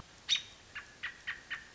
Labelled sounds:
American Robin (Turdus migratorius)
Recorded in Sonoma County, California

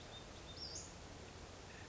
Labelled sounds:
Western Flycatcher (Empidonax difficilis)
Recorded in Sonoma County, California

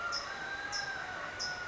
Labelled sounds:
California Towhee (Melozone crissalis)
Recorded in Sonoma County, California

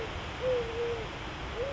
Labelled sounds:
Eurasian Collared Dove (Streptopelia decaocto)
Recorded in Sonoma County, California

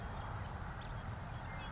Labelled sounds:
Savannah Sparrow (Passerculus sandwichensis)
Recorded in Sonoma County, California

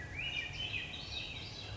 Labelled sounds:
Swainson's Thrush (Catharus ustulatus)
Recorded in Sonoma County, California

